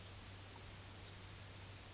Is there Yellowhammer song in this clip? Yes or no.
no